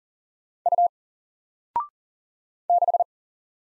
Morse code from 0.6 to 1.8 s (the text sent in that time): U